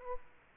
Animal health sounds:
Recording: mosquito wingbeat signal from an infrared sensor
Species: Aedes aegypti

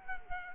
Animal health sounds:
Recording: mosquito wingbeat signal from an infrared sensor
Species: Culex quinquefasciatus

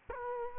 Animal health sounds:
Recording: mosquito wingbeat signal from an infrared sensor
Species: Culex quinquefasciatus

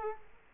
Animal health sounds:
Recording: mosquito wingbeat signal from an infrared sensor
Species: Culex quinquefasciatus

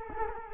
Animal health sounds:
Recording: mosquito wingbeat signal from an infrared sensor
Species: Culex quinquefasciatus

